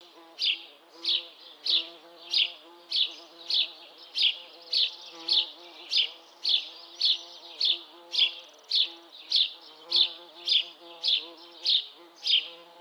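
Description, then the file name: House sparrow giving a long series of loud, harsh chirps, repeated steadily about every half second, over a constant low droning hum. "Passer domesticus"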